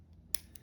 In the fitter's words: very secure feeling as you can hear it